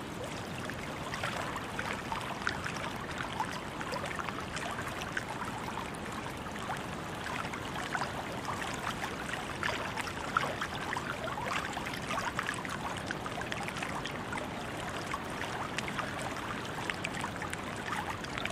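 Water moves steadily throughout, a dense, even wash of splashing and trickling with many small bright drips and crackles scattered across the whole length. The level barely changes, suggesting constant flow or lapping, with a soft low rumble underneath.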